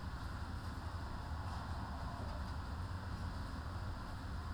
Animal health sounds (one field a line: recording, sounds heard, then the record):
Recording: poultry house recording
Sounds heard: no chicken sound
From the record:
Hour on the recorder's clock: 14